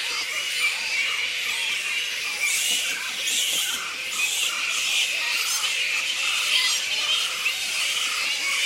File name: Black Fruit Bats -Pteropus alecto Colony Squeaks